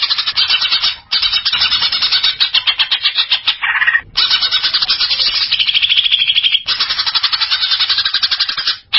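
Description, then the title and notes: Greater green leafbird song: a continuous rapid scratchy chatter with interwoven whistles and a few brief pauses. Champion singing bird, called cucak ijo. "Kicau Burung Cucak Ijo Juara. Suara kicauan burung cucak ijo"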